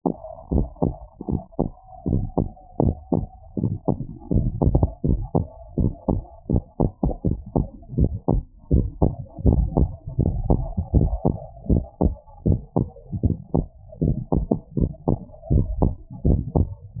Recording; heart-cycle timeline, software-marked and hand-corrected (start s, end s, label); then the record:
heart sounds
0.00	0.02	systole
0.02	0.14	S2
0.14	0.54	diastole
0.54	0.68	S1
0.68	0.88	systole
0.88	0.96	S2
0.96	1.30	diastole
1.30	1.40	S1
1.40	1.60	systole
1.60	1.70	S2
1.70	2.08	diastole
2.08	2.22	S1
2.22	2.38	systole
2.38	2.48	S2
2.48	2.86	diastole
2.86	2.98	S1
2.98	3.18	systole
3.18	3.28	S2
3.28	3.64	diastole
3.64	3.76	S1
3.76	3.94	systole
3.94	4.02	S2
4.02	4.36	diastole
4.36	4.48	S1
4.48	4.66	systole
4.66	4.82	S2
4.82	5.10	diastole
5.10	5.22	S1
5.22	5.36	systole
5.36	5.46	S2
5.46	5.80	diastole
5.80	5.92	S1
5.92	6.10	systole
6.10	6.20	S2
6.20	6.54	diastole
6.54	6.64	S1
6.64	6.80	systole
6.80	6.90	S2
6.90	7.26	diastole
7.26	7.38	S1
7.38	7.56	systole
7.56	7.66	S2
7.66	7.98	diastole
7.98	8.10	S1
8.10	8.30	systole
8.30	8.42	S2
8.42	8.72	diastole
8.72	8.86	S1
8.86	9.02	systole
9.02	9.14	S2
9.14	9.48	diastole
9.48	9.66	S1
9.66	9.78	systole
9.78	9.90	S2
9.90	10.24	diastole
10.24	10.36	S1
10.36	10.48	systole
10.48	10.62	S2
10.62	10.94	diastole
10.94	11.10	S1
11.10	11.26	systole
11.26	11.36	S2
11.36	11.70	diastole
11.70	11.84	S1
11.84	12.02	systole
12.02	12.14	S2
12.14	12.46	diastole
12.46	12.58	S1
12.58	12.76	systole
12.76	12.88	S2
12.88	13.24	diastole
13.24	13.36	S1
13.36	13.54	systole
13.54	13.66	S2
13.66	14.02	diastole
14.02	14.14	S1
14.14	14.32	systole
14.32	14.44	S2
14.44	14.78	diastole
14.78	14.90	S1
14.90	15.08	systole
15.08	15.18	S2
15.18	15.52	diastole
15.52	15.66	S1
15.66	15.80	systole
15.80	15.92	S2
15.92	16.26	diastole
16.26	16.42	S1
16.42	16.56	systole
16.56	16.68	S2
16.68	17.00	diastole
From the record:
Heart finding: abnormal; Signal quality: good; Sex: male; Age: 42 years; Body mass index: 29.8